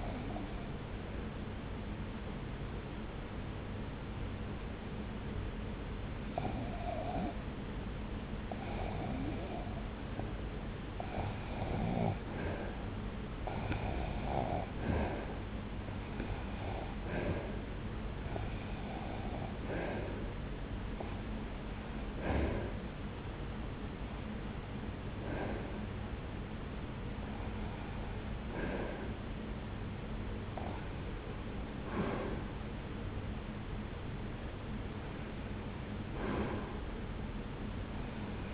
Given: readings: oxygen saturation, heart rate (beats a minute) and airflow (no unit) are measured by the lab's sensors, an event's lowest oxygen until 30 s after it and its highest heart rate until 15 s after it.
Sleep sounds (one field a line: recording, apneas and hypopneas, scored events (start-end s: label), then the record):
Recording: breathing in sleep by a voice recorder at the bedside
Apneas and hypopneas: 1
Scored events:
4.00-15.10 s: hypopnea (REM, oxygen 86% highest, then 81% lowest)
From the record:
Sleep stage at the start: REM sleep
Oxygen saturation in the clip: 80 to 92%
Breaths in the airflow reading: 14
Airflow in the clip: -1.1 to 1.8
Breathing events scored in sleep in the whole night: 335 in 6.7 hours asleep